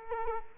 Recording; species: mosquito wingbeat signal from an infrared sensor; Culex quinquefasciatus